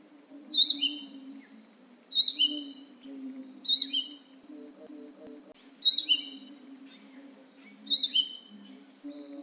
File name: suara panggilan burung madu matari. omkicau